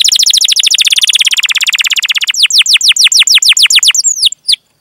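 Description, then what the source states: Canary song: a very fast rattling trill that slows into a series of downward-swooping whistled notes, ending in a couple of separate slurs. Singing energetically (gacor) with elaborate song phrases (cengkok, isian), in the style of Indonesian songbird keeping (kicaumania).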